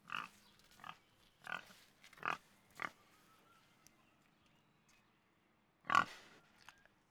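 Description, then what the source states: A pig gives a handful of short, soft grunts and sniffs, then pauses before one louder grunt near the end. Hog grunting and sniffing.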